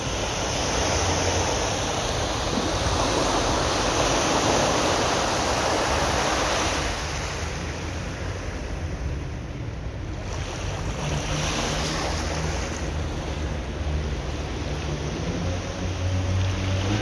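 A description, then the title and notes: Sea waves wash in a dense, steady roar, loudest through the first seven seconds, then easing slightly as the surge draws back. A low rumble runs underneath throughout, with faint swells of deeper sound later on. صوت أمواج البحر للاسترخاء و التأمل. Relax seaside sounds.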